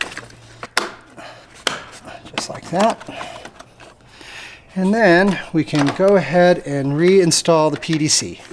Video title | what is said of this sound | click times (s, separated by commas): HOW TO Replace the Main and Auxiliary Battery on a Jeep JL Wrangler and Gladiator Truck w/o eTorque | from here all these plugs need to be snapped into place just like | 0.8 s, 1.7 s